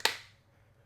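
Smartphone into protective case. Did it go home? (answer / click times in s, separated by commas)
yes / 0.0 s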